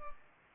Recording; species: mosquito wingbeat signal from an infrared sensor; Culex pipiens